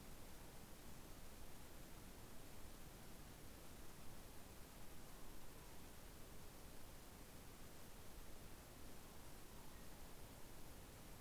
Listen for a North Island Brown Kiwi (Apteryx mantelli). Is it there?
no